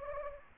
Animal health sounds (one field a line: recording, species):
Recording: mosquito wingbeat signal from an infrared sensor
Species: Anopheles gambiae